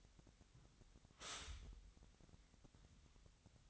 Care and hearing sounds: daily activity, microphone in the room; stop toaster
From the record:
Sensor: 3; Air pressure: 1001.9 hPa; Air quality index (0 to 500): 245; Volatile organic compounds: 48 ppm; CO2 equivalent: 3275 ppm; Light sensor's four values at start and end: 14/41/18/15 and 14/42/18/16

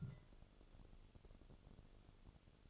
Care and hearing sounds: daily activity, microphone in the room; take from stove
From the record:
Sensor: 4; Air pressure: 1008.9 hPa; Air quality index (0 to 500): 128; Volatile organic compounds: 1 ppm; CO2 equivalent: 932 ppm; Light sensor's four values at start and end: 10/23/9/9 and 10/23/9/9

